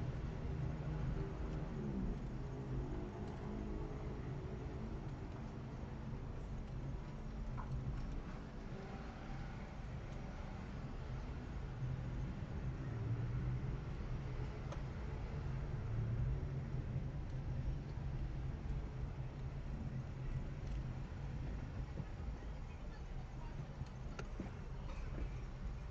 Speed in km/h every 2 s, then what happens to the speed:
9, 8, 7, 7, 5, 8, 10, 11, 12, 10, 9, 6, 6.
0-9 steady at about 7. 9-16 speeds up to 12. 16-26 steady at about 9.